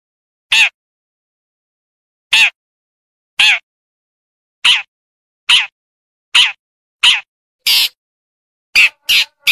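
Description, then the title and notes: Long-tailed Shrike uttering single short harsh, scratchy notes, spaced about a second apart and quickening at the end, against silence. Chirping song. "Kicau Burung Cendet"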